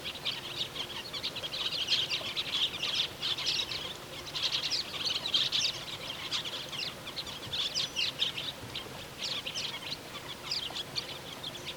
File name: andean parakeet